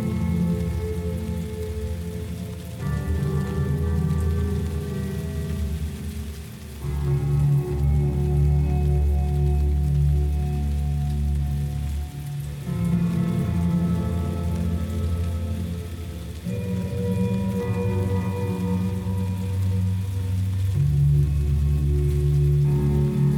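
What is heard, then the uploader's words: Low, sustained guitar chords shift every few seconds under a soft, steady hiss of rain, the drones swelling near 3, 7, 13 and 17 seconds. This week we are in the key of D. Ambient guitar soundscapes with rain in thunder.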